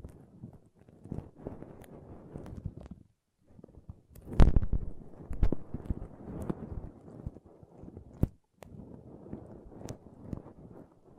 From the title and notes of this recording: ASMR Ultimate Pom Pom Tingles (No Talking).